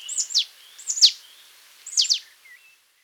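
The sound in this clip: Marsh tit calls: sharp high downslurred notes in quick pairs, given three times with short pauses, plus a faint soft whistle near the end.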